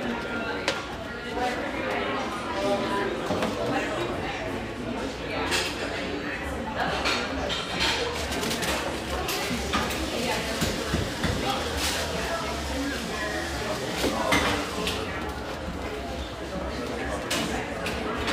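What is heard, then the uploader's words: Steady murmur of overlapping conversation in a brick-walled bar, with frequent clinks and knocks of glasses and dishes throughout. This mellow, exposed-brick gem frequented by railyard staff.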